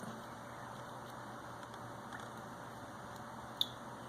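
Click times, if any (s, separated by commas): 3.6 s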